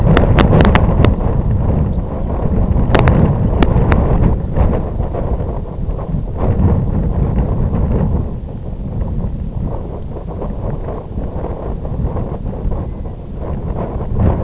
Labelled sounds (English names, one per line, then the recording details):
unidentified sound
Red-throated Loon
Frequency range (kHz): Red-throated Loon 0.8-2.6 kHz
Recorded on Arctic tundra, site IGLO-F, on 19 June 2018
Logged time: 00:00